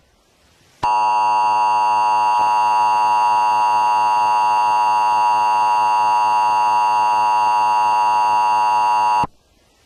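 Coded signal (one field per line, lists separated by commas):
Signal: Emergency Alert System (SAME) tones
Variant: 853 and 960 Hz attention tone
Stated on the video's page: Fictional scenario alert, not real, about aliens taking over Tennessee.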